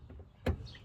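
A new headlight bulb is fiddled in the headlight housing of a Mazda 3 until its bayonet base locks into place. After faint handling noise, a sharp click sounds at 0.5 s as the bulb seats.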